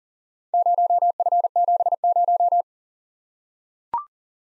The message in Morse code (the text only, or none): 0F70